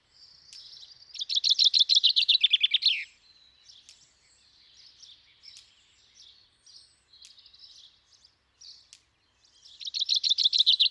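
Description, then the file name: Common chaffinch song: a loud, fast series of repeated notes that drops in pitch at the end, starting again near the end after a gap filled with soft, thin chirps. "Fringilla coelebs"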